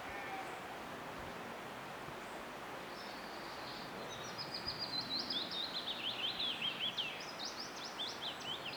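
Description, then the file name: Common chaffinch: quiet at first, then a rapid series of high notes over several seconds, against steady background noise. "Fringilla coelebs"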